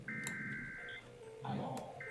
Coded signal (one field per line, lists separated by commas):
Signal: Emergency Alert System (SAME) tones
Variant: header bursts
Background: speech